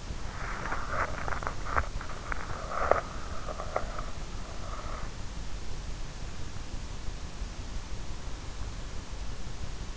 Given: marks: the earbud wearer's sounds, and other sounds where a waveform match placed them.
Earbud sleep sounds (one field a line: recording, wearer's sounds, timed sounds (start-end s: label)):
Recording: sounds in sleep by an in-ear microphone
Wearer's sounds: body movement, breath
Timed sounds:
0.00-5.13 s: body movement
2.33-5.00 s: breath